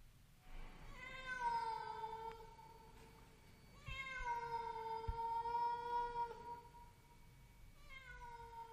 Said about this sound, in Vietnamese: Bỗng nhiên, từ trên tầng không ngay đầu của Tâm phát ra tiếng mèo kêu. Tiếng mèo kêu não lòng.